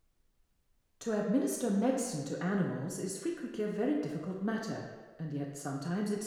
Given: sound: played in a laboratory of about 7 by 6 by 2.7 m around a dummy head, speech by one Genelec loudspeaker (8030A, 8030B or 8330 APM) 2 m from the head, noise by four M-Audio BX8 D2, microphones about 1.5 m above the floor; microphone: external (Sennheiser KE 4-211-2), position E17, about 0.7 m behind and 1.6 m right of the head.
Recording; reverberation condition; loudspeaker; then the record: female speech in English; high; 90 degrees to the right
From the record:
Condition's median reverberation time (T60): about 1300 ms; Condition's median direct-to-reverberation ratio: about -4.0 dB